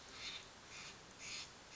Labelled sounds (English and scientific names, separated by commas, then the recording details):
Steller's Jay (Cyanocitta stelleri)
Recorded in Sonoma County, California